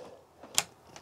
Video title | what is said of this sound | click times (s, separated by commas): New PC Build (& how much it cost!!!) | we go the nice thing is at least they click into place once they're in place | 0.6 s